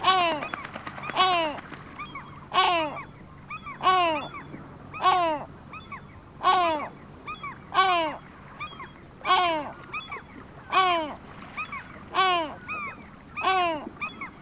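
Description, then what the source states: Great Black-backed Gull giving a steady series of gruff, downward-sliding calls, with fainter higher notes in the gaps. Sweden.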